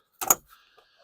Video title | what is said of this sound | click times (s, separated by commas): BICYACO 9 Inch LED Headlights Jeep Wrangler JL JLU Gladiator JT Install | Side pops loose like that. | 0.3 s